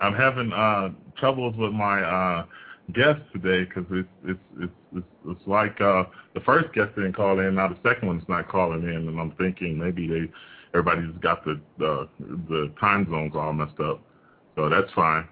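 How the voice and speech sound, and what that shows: An adult man speaking casually over the phone repeats "it's" five times in a rapid burst, with drawn-out "uh" fillers and a restarted "the... uh... the" before words. These whole-word repetitions and hesitations are stuttering, which he says happens a lot, breaking up otherwise ordinary conversational speech.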